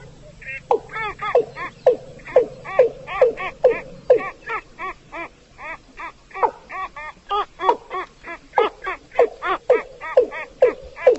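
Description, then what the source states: Rail calling, a long series of harmonic notes repeated about twice a second. Female calling.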